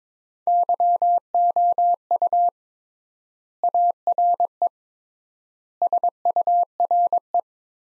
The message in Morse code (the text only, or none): YOU ARE SURE